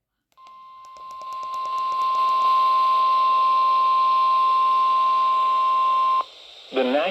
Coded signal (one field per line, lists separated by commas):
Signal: Emergency Alert System (SAME) tones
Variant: 1050 Hz attention tone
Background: speech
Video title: Severe & Flood Alerts With A Double Header: EAS Alerts From 7/16/25 On WXM56 - 7/16/25 #COWX #WXM56